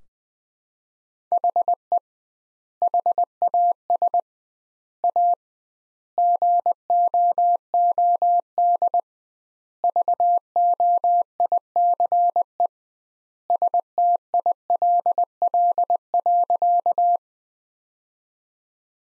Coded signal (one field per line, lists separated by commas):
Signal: Morse code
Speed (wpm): 20 wpm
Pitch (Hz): 700 Hz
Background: none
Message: HE HAS A GOOD VOICE STILL.